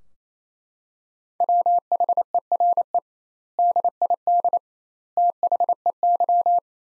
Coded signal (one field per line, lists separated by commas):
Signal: Morse code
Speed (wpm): 27 wpm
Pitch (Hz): 700 Hz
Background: none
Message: WHERE DID THEY